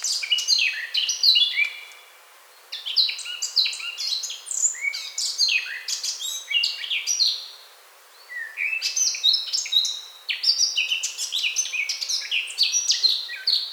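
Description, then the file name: Eurasian blackcap singing in three long bursts of rapid, varied warbling with short pauses between them, full of quick chirps and clear whistled notes. "Sylvia atricapilla"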